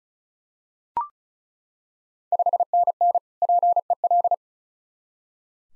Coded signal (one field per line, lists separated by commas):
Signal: Morse code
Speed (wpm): 36 wpm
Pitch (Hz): 700 Hz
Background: none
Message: 5NN PEL